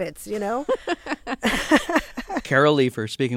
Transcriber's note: soundbite of laughter